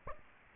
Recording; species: mosquito wingbeat signal from an infrared sensor; Aedes aegypti